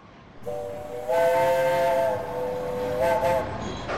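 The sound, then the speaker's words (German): A steam train whistle gives a long, steady chord-like blast, then a second shorter blast, over a loud hissing rush of steam and rumbling train noise. No one speaks. “Wie Ernst Toller dann versucht, mit dem Zug nach München zurückzukommen, trifft er auf einen echten bayerischen Provinzbahnvorsteher.”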